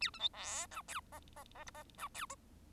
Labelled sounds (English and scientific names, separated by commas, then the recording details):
Bengalese Finch (Lonchura striata domestica) song
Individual Bird1